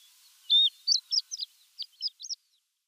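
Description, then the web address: Shore lark song fragment: a thin high note followed by a quick series of short tinkling chips over about two seconds. "Schulze Peter Shore Lark song"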